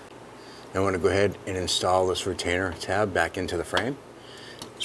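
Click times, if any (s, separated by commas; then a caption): 4.6 s. A plastic retainer tab on the fuel line or harness of a 2005–2007 Jeep Liberty is pressed back into its hole in the vehicle frame during a fuel pump and sending unit replacement. Someone talks, then a single short click is heard at 4.6 s as the tab snaps into the frame and seats.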